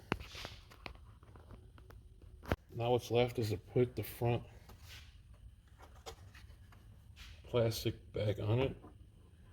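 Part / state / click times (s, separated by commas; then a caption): plastic front cover onto instrument cluster housing / not seated / none. Someone talks while handling the front plastic cover of a 2004 Bonneville GXP instrument cluster, getting ready to press it back onto the cluster housing after a stepper motor replacement. Brief sharp handling ticks occur at about 0.1 s, 0.9 s and 2.5 s, with quieter ones later. The cover has not seated or clicked into place yet.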